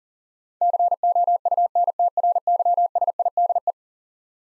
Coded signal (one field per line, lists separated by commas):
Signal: Morse code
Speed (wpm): 37 wpm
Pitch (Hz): 700 Hz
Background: none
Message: COUNTRYSIDE